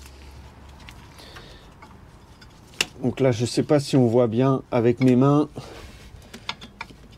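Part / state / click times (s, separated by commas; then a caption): ABS wheel speed sensor into wheel hub carrier bore / seated / 6.5 s, 6.8 s. An ABS wheel-speed sensor, sprayed with a little WD-40 to help reposition it, is pushed by hand back into its bore in the wheel hub carrier. Someone talks in the middle of the clip, and then short mechanical knocks follow. The sensor seats in the bore with clicks at 6.5 s and 6.8 s.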